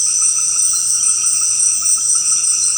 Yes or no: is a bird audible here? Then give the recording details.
no. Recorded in secondary vegetation near Puerto Asís, Putumayo, Colombia, on 12 March 2025 at 18:30. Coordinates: 0.485, -76.322. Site G040